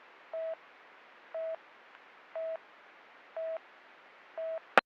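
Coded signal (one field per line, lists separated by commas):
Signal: none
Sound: police radio channel beeps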